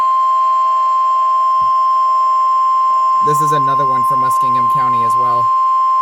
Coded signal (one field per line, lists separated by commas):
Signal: Emergency Alert System (SAME) tones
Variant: 1050 Hz attention tone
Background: speech